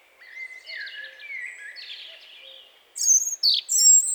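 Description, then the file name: European robin song starting with soft, drawn-out thin whistles, then abrupt loud high trills and a sustained piercing note. "Erithacus rubecula"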